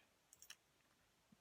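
A key is inserted into the lock of a steel hinged handcuff made by Guardwell and turned to the left. Three sharp metallic clicks sound at 0.3, 0.4 and 0.5 seconds, and the cuff opens.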